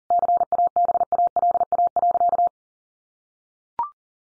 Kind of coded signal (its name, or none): Morse code